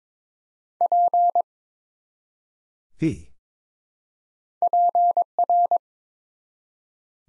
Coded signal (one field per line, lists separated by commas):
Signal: Morse code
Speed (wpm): 22 wpm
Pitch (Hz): 700 Hz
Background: none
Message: P PR